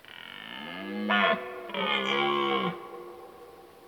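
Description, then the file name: Red deer stag roaring: a rising moan ending in a short harsh burst, then a longer hoarse bellow of about a second, rich in harmonics. Old stag bellowing during the rut. "Burlen 10 oud hert"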